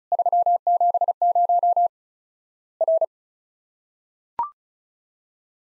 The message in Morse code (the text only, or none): 370 R